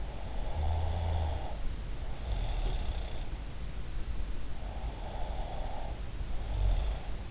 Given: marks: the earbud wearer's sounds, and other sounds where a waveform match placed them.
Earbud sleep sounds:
sounds in sleep by an in-ear microphone; snoring breath
0.20-3.21 s: snoring breath
4.65-7.31 s: snoring breath

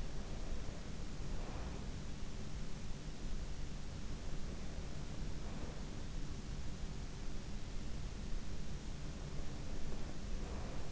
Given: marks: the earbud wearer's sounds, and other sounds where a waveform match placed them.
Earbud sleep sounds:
sounds in sleep by an in-ear microphone; breath
0.00-1.88 s: breath
9.13-10.92 s: breath

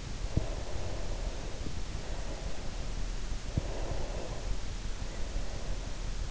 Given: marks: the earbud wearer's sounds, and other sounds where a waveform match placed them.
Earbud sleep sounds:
sounds in sleep by an in-ear microphone; breath
0.26-2.86 s: breath
3.53-6.00 s: breath

